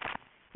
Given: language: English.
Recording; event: throat vibration sensor signal played as sound; swallow